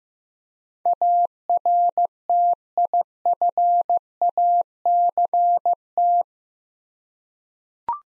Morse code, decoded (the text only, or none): ARTIFACT